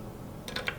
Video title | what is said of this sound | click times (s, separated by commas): Stoeger 12 Gauge Coach Gun Full Review | is a little difficult to do on the camera but bear with me and then just snaps together like that | 0.5 s, 0.6 s, 0.7 s